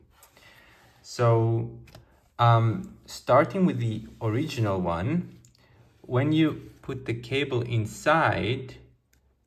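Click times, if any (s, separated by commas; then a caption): none. Someone talks while handling a USB-C cable plug at the port of a genuine Apple 20W charging brick, about to push it in. A few faint ticks sit under the speech, but the plug has not seated or clicked yet by the end of the clip.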